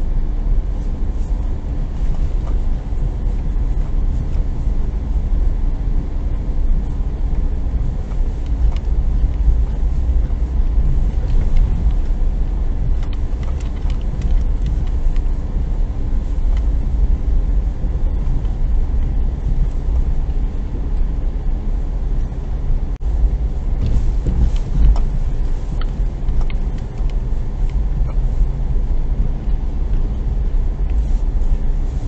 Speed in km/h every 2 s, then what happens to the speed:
21, 21, 21, 20, 21, 21, 21, 21, 21, 20, 20, 20, 20, 20, 20, 20.
0-32 steady at about 20.